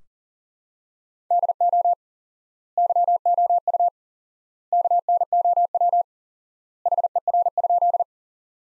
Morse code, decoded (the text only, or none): DO YOU KNOW HER?